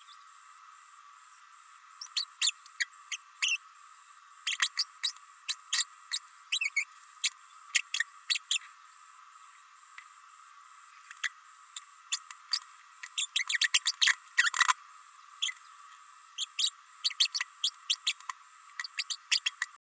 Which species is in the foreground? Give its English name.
Green-rumped Parrotlet